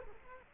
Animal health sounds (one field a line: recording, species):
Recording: mosquito wingbeat signal from an infrared sensor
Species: Culex quinquefasciatus